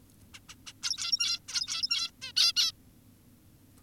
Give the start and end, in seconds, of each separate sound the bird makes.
0.34-0.40, 0.49-0.55, 0.67-0.73, 0.83-1.40, 1.48-2.11, 2.22-2.32, 2.36-2.53, 2.56-2.72